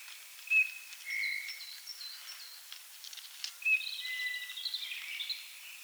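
Eurasian bullfinch calls: two brief clear whistled notes a few seconds apart and a longer soft tone, amid higher chirps.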